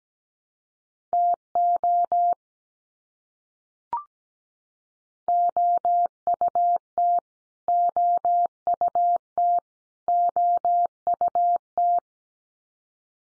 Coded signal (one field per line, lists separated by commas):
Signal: Morse code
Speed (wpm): 17 wpm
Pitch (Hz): 700 Hz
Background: none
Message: TO OUT OUT OUT